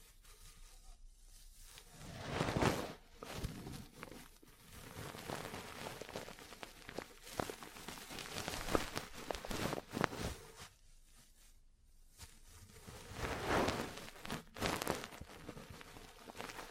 Ear Cleaning, Massage, Cupping, Tapping